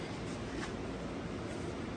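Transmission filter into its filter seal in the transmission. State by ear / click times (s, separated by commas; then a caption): not seated / none. A transmission filter is being handled and pushed up toward its filter seal in the transmission of a 2014 Chevy Silverado 6L80 during a fluid service. Only a steady broadband rumble and hiss is heard, with no distinct click or impact. Nothing has seated or clicked yet.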